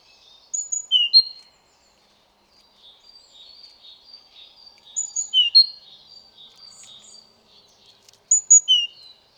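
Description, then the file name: Great tit giving three bursts of thin, high, sharp notes a few seconds apart, with soft high chattering between them. "Parus major"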